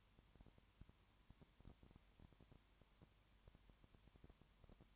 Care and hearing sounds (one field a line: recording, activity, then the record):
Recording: daily activity, microphone in the room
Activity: no activity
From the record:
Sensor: 3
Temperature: 21.1 degrees Celsius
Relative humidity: 37.0%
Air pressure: 1010.6 hPa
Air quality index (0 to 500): 204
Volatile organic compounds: 31 ppm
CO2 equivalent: 2983 ppm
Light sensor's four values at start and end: 2/3/2/2 and 2/3/2/2